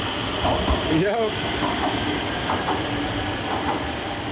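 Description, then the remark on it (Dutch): A Rotterdam metro train, on the line to the beach at Hoek van Holland, rolls along its rails with a steady, loud rumble, a brief wavering wheel squeal rising early on, and faint clicks recurring over the continuous roar. “Met je slippers in Rotterdam instappen in de metro om dan vervolgens op het strand van Hoek van Holland weer uit te stappen.”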